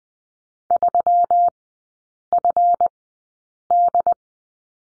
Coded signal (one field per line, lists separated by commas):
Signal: Morse code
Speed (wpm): 20 wpm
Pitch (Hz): 700 Hz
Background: none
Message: 3FD